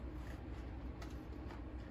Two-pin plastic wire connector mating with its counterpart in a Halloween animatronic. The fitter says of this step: you're just going to click those in make sure you hear a snap that one